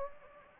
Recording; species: mosquito wingbeat signal from an infrared sensor; Anopheles gambiae